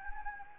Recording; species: mosquito wingbeat signal from an infrared sensor; Anopheles gambiae